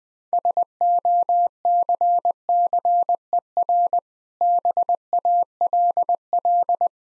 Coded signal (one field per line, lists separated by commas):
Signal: Morse code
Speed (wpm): 20 wpm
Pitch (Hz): 700 Hz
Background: none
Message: SOCCER BALL